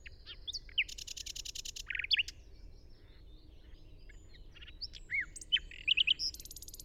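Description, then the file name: Common nightingale song in scattered phrases: rattling buzzy bursts, sharp slurred whistles and short pauses, with a steady low background hiss. "Luscinia megarhynchos"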